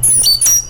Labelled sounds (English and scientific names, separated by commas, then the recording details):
Stitchbird (Notiomystis cincta) song
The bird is a male
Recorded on Tiritiri Matangi Island, New Zealand, in 2005
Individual 1, of nest box 1